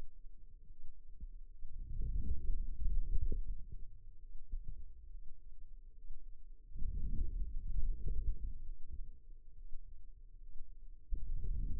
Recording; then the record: forearm muscle sounds (acoustic myography)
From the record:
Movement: outward rotation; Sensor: system 2, bracelet of six BSWA MPA416 microphones around the upper forearm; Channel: 6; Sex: male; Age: 22 years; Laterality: right